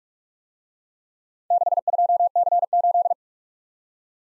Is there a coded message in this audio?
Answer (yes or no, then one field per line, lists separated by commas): yes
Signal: Morse code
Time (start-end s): 1.5-3.1 s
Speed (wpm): 44 wpm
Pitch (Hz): 700 Hz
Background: none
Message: 62C8